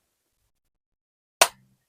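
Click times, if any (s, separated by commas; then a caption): 1.4 s. A metal raised garden bed side panel, lined up with a corner piece on the ground, is tapped together with the feet until the joint pops into place. After near silence, one sharp pop lands at 1.4 s, with a brief low ringing tail. The panel is seated.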